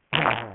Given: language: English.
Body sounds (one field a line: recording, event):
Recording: throat vibration sensor signal played as sound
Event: throat clearing